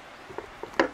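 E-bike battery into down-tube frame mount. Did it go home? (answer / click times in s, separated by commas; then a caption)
no / none. The removable battery of a Cyrusher Trax suspended fat e-bike is set into its down-tube frame mount bottom end first while being pushed in. Faint knocks come near 0.4 s and 0.6 s, then two sharper knocks at about 0.8 s and 0.9 s. The battery has not seated or locked into the frame yet.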